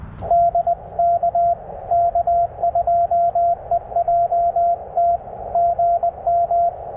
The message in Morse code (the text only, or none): DK K2EJT GM